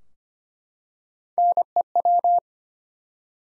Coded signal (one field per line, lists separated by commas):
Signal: Morse code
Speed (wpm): 25 wpm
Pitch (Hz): 700 Hz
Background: none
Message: NEW